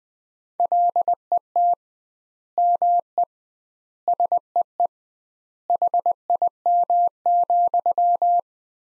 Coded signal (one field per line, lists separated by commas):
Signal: Morse code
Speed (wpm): 21 wpm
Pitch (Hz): 700 Hz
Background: none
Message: LET ME SEE HIM,